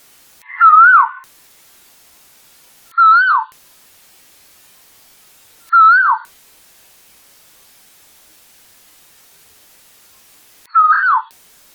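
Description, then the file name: Asian koel calling with a loud, wavering whistled note that dips and ends in a falling slur, repeated four times about every two to five seconds. "eudynamys scolopacea"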